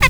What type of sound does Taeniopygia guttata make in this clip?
stack call